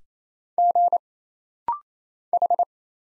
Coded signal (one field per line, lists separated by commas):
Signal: Morse code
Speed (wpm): 27 wpm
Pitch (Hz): 700 Hz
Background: none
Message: G H